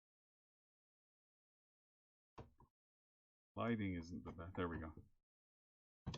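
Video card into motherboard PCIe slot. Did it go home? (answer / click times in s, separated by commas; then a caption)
yes / 6.1 s. A video card is pushed into its PCIe expansion slot on a motherboard. Someone talks, and a short pop sounds at 6.1 seconds as the card seats into place.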